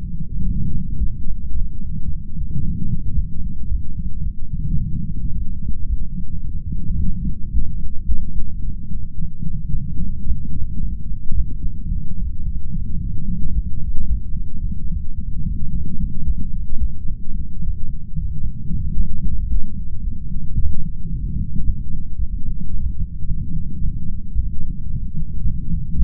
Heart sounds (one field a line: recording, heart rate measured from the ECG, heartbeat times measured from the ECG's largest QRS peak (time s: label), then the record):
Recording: heart sounds by stethoscope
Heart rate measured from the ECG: 111 bpm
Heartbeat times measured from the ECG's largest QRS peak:
0.44 s: heartbeat
0.98 s: heartbeat
1.52 s: heartbeat
2.06 s: heartbeat
2.61 s: heartbeat
3.15 s: heartbeat
3.69 s: heartbeat
4.24 s: heartbeat
4.79 s: heartbeat
5.33 s: heartbeat
5.88 s: heartbeat
6.43 s: heartbeat
6.98 s: heartbeat
7.52 s: heartbeat
8.07 s: heartbeat
8.62 s: heartbeat
9.17 s: heartbeat
9.72 s: heartbeat
10.26 s: heartbeat
10.80 s: heartbeat
11.35 s: heartbeat
11.90 s: heartbeat
12.45 s: heartbeat
12.99 s: heartbeat
13.54 s: heartbeat
14.08 s: heartbeat
14.62 s: heartbeat
15.17 s: heartbeat
15.71 s: heartbeat
16.25 s: heartbeat
16.79 s: heartbeat
17.33 s: heartbeat
17.87 s: heartbeat
18.41 s: heartbeat
18.95 s: heartbeat
19.49 s: heartbeat
20.02 s: heartbeat
20.56 s: heartbeat
21.10 s: heartbeat
21.63 s: heartbeat
22.17 s: heartbeat
22.71 s: heartbeat
23.25 s: heartbeat
23.79 s: heartbeat
24.33 s: heartbeat
24.88 s: heartbeat
25.42 s: heartbeat
25.96 s: heartbeat
From the record:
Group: healthy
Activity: light exercise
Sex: male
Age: 35 years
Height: 180 cm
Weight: 86.9 kg